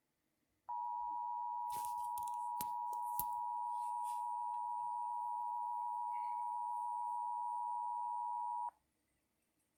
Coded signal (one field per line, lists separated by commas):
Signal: Emergency Alert System (SAME) tones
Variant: 853 and 960 Hz attention tone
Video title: EAS #36 Maricopa, AZ Administrative Message